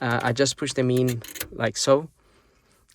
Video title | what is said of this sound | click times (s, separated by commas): how to remove and replace the center console dash facia from a vw polo 2009 9N3 | um the only one that clicked was this one so I can actually pull the radio out | 2.9 s